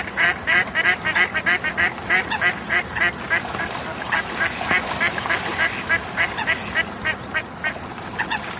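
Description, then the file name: Duck giving a rhythmic run of harsh quacks, roughly three a second, the series loosening and becoming patchier toward the end. "coincoin"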